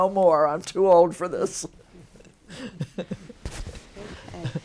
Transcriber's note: laughter